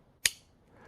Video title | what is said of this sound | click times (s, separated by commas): Gillian Custom Knife Unboxing & Review | So it's just one snap right into place. | 0.3 s